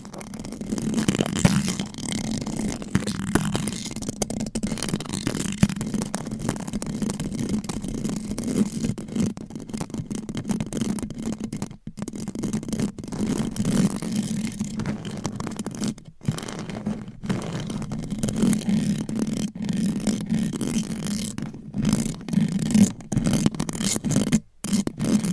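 Fast, aggressive scratching on microphones, with nails and covers rubbing in a continuous rough, gritty texture. A low buzzing hum persists underneath throughout. The scraping is dense and steady, broken by several abrupt near-silent dropouts after the midpoint, around 12, 16 and 24 seconds.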